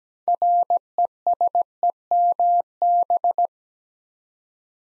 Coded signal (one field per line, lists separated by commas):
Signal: Morse code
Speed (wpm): 17 wpm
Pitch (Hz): 700 Hz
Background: none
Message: RESEMB